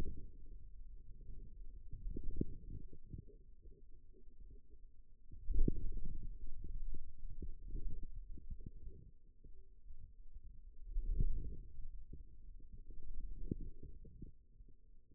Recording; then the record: forearm muscle sounds (acoustic myography)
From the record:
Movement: wrist extension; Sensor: system 2, bracelet of six BSWA MPA416 microphones around the upper forearm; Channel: 4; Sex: male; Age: 22 years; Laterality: right